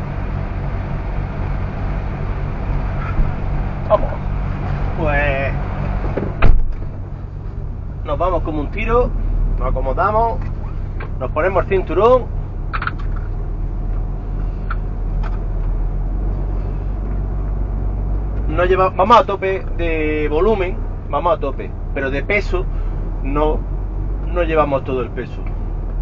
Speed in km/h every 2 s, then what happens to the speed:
0, 0, 0, 0, 0, 0, 0, 1, 2, 3, 3, 4, 5.
0-17 standing. 17-26 steady at about 3.